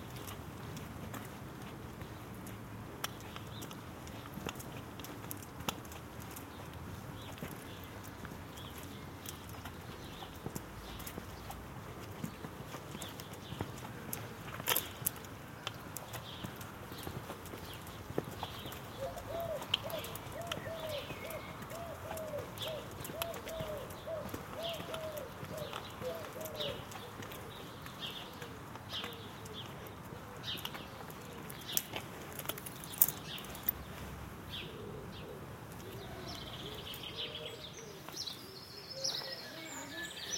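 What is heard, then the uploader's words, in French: Outdoor birdsong recorded on a walk, with scattered chirps over a dense steady background and frequent sharp clicks, possibly footsteps or hooves. Balade au rythme des chants d'oiseaux. Voici trois enregistrements de chants d’oiseaux, faits lors de différentes promenades.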